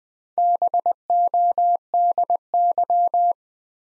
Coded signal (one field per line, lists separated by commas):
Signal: Morse code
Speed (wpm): 20 wpm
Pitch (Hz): 700 Hz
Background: none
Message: BODY